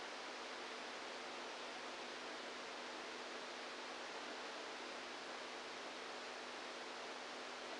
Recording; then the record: brain microelectrode recording played as sound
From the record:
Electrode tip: outside the subthalamic nucleus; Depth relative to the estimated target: -8 mm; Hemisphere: right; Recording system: NeuroSet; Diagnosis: Parkinson's disease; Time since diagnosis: 27 years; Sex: male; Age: 62 years